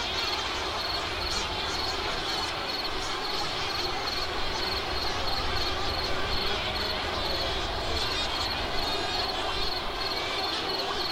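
Crickets trill in a steady, unbroken chorus, with a thin high ringing note held throughout and a fainter one even higher. Beneath it sits a dense, murmuring outdoor wash and a low rumble, the overall level flat for the whole stretch.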